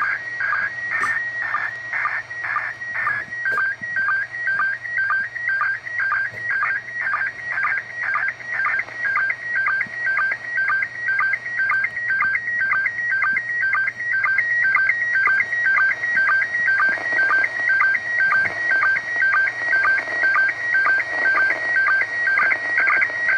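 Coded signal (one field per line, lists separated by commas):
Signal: SSTV (slow-scan television)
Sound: warbling two-level tone with quick regular low chirps, repeating steadily about twice a second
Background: radio hiss, low hum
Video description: This week, the International Space Station is transmitting SSTV (slow-scan TV) signals on 145.800 Mhz FM on the amateur radio 2m band. This morning, I briefly recorded an SSTV transmission from the ISS.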